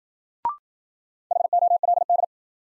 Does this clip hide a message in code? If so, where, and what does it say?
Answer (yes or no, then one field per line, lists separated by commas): yes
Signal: Morse code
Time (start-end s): 1.3-2.2 s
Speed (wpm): 53 wpm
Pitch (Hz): 700 Hz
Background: none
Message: HOLD